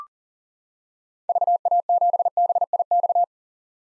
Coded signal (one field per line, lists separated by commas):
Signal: Morse code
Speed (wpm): 39 wpm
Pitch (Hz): 700 Hz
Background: none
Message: VA7BIX